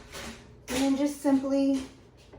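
The metal lid of a pressure canner is lined up arrow to arrow with the canner pot and handled before being turned to lock onto it, while someone talks. No click or clunk is heard, and nothing has seated or locked into place yet.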